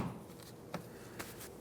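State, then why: Seated. A plastic wiring harness retaining clip is pushed back into its hole in the metal inner door panel of a 2007-2015 Mazda CX-9, after the window motor and its electrical connector are installed during a window regulator replacement. Over faint handling noise, a sharp snap at 0.7 s marks the clip seating in place, followed by a softer tap around 1.2 s.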